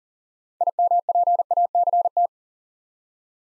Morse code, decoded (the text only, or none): IMPACT